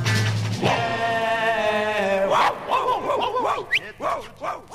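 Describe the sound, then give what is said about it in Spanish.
A drawn-out, steady whining howl gives way to a quick, uneven string of sharp, high-pitched dog barks and yips, fairly loud with no talking. “No me pegues más, te puedo morder, estoy muy rabioso. No puedo saltar, tan solo ladrar, estoy muy nervioso.”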